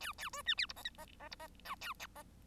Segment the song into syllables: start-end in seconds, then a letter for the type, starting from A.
0.00-0.12 A, 0.18-0.29 A, 0.33-0.42 B, 0.46-0.55 C, 0.57-0.66 D, 0.69-0.73 E, 0.76-0.83 F, 0.84-0.90 G, 0.98-1.06 F, 1.19-1.28 F, 1.31-1.35 E, 1.39-1.47 F, 1.65-1.75 H, 1.81-1.93 A